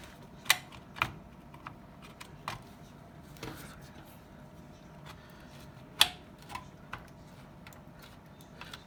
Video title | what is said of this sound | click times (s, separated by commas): $500 GAMING PC I INTEL I7 4770 I GTX 1650 4 GB OC | here we go he heard the click graphics | 6.0 s